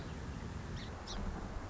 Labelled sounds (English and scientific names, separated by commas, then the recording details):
Song Sparrow (Melospiza melodia)
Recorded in Sonoma County, California